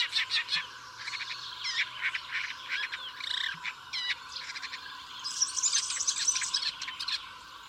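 Bird chorus of high chirps and short buzzy trills, several callers overlapping, with a quick rattling series in the second half.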